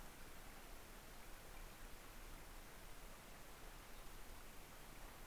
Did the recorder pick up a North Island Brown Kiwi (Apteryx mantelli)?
no